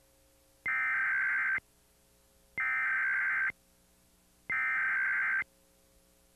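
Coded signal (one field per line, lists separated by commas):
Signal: Emergency Alert System (SAME) tones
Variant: header bursts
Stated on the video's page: Fictional alert scenario.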